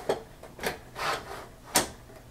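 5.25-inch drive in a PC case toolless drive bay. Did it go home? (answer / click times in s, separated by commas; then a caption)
yes / 1.8 s. A 5.25-inch optical drive slides into the toolless drive bay of a Phanteks Enthoo Primo PC case, with short scraping and rubbing sounds as it moves in. A sharp click at 1.8 s marks the latch catching, and the drive is locked in place, seated.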